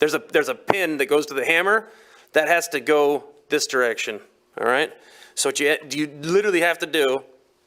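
A man talks throughout while handling a Ruger Mk II 22/45 pistol during reassembly, where the pistol is to be tipped so the metal hammer strut pin that goes to the hammer falls into its correct position in the frame. The clip ends before the part goes home, and nothing has seated or clicked yet.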